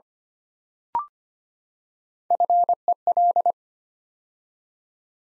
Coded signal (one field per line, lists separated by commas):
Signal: Morse code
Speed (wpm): 25 wpm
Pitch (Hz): 700 Hz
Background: none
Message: FEL